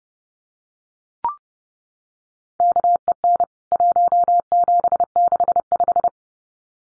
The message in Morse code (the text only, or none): KEN 1765